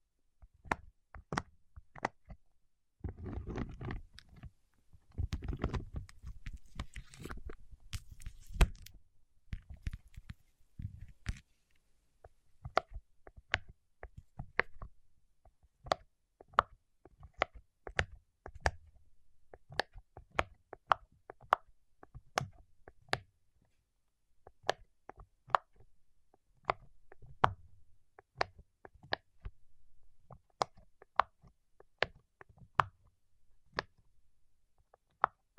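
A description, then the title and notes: Wax on fingertips makes dense sticky crackling and rubbing early on, then gives way to sparse, irregular sharp taps and clicks throughout. ASMR with Wax Fingertips for Sleep (No Talking).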